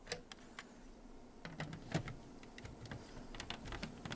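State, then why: Not seated. An Ethernet-over-Coax network endpoint unit with a plastic housing is handled at its wall-mounting bracket, about to be pushed down so it snaps into the bracket's lock. Scattered light tapping and handling noises are heard, with sharper ticks near 0.1, 3.5 and 4.1 seconds. Nothing has seated or clicked into the lock yet.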